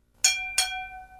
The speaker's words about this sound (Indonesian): Coba tebak, bunyi apakah itu? Itu adalah suara piring kosong dipukul dengan sendok.